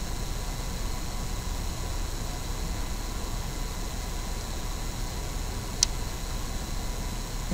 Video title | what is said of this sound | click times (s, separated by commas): Acronis True Image 2021 Makes Disk Cloning So Easy | then the stand just locks in place. There, | 5.8 s